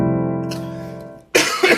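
A fading chime tone, then two sharp, harsh cough bursts from an adult woman who is recovering from an illness.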